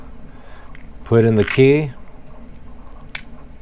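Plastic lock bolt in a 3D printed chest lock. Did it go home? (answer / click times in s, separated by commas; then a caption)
yes / 3.1 s. A key is inserted into a 3D printed plastic lock on a treasure chest and turned, with faint ticks near 0.8 s while someone talks. The plastic lock bolt gives a sharp click at 3.2 s as it moves into the locked position, and the lock is locked.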